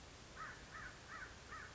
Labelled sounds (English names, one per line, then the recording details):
American Crow
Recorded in Sonoma County, California